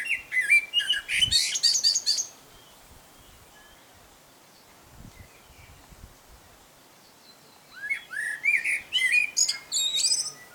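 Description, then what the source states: Common blackbird singing: a phrase of whistles ending in a high twittering flourish, several seconds of quiet, then another whistled, warbling phrase. Male song.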